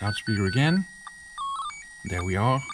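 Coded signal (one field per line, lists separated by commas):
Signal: SSTV (slow-scan television)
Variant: PD 120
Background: speech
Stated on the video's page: PD120 SSTV made by PySSTV on a Raspberry Pi with VOX tones and FSK ID, transmitted through a Baofeng UV-5R using VOX.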